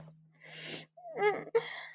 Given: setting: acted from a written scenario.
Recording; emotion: vocal sound without words; sadness